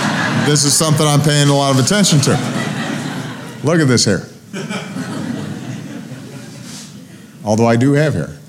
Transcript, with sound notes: this is something I'm paying a lot of attention to. (Laughter.) Look at this hair. (Laughter.) Although I do have hair.